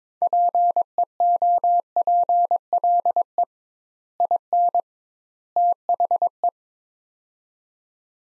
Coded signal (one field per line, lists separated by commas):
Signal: Morse code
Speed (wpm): 22 wpm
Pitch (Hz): 700 Hz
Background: none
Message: PEOPLE IN THE